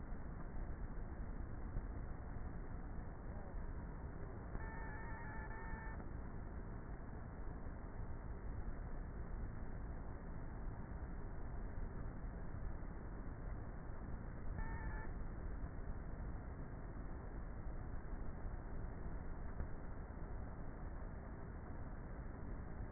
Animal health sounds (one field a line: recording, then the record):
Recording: honeybee colony, microphone inside the hive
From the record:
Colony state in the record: queenless with a low population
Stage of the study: before two queens were removed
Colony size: about 30,000 bees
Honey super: no